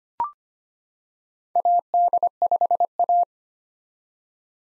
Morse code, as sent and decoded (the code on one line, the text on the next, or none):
.- -.. ..... .-
AD5A